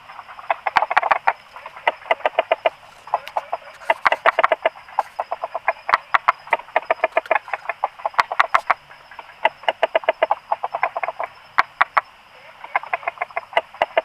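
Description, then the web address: Frogs giving fast clucking pulse trains, bursts repeated every second or two across the recording, with occasional sharp clicks and a steady high hum. Recorded 26 April 2020, between 18 and 20 h. "frog rec 18-20 20200426"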